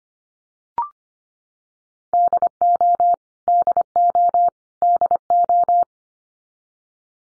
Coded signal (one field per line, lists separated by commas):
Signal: Morse code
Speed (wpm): 25 wpm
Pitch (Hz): 700 Hz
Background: none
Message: DO DO DO